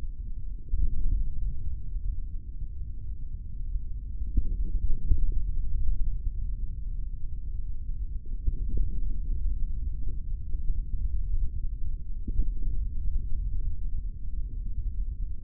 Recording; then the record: forearm muscle sounds (acoustic myography)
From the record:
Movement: index flexion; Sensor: system 3, bracelet of six PUI Audio POM-2738L microphones around the upper forearm, with dedicated amplification and filtering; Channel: 1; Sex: male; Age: 23 years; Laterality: right